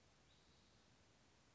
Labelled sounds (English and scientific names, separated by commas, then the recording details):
Spotted Towhee (Pipilo maculatus)
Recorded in Sonoma County, California